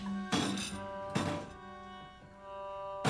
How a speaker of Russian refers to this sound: Выливает вино в мойку, затем Лин ставит туда тарелки.